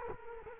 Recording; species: mosquito wingbeat signal from an infrared sensor; Culex quinquefasciatus